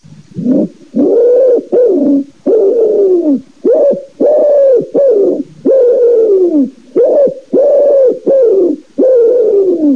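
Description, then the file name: Common wood pigeon cooing: deep, hollow hooting notes delivered in a rhythmic phrase, repeated steadily for ten seconds without other sounds. "COLOMBACCIO"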